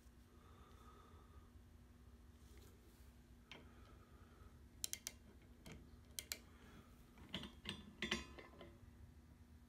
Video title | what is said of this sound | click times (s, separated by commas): Torque Wrench Calibration | click at 105 down | 4.8 s